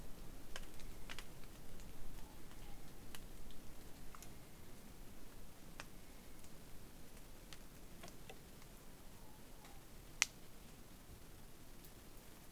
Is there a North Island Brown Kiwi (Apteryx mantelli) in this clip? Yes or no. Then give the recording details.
yes. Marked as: faintness 5/5. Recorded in New Zealand on 8 January 2015. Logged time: 01:58. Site BX23